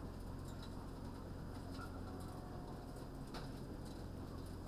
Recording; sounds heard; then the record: poultry house recording; healthy chickens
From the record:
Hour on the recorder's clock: 15